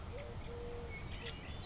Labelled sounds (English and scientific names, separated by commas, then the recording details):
Eurasian Collared Dove (Streptopelia decaocto)
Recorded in Sonoma County, California